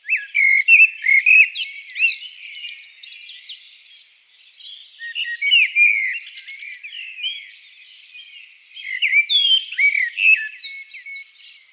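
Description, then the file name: Eurasian blackbird song in three loud bursts of warbling whistles and scratchy high twitters, with fainter song between them. "Turdus merula"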